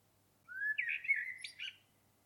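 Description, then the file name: Common blackbird phrase opening with a rising whistle, then a mellow warble and a brief shrill twittering ending. "Turdus merula"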